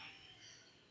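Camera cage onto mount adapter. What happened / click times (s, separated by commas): The mount is being handled but has not clicked into place yet / none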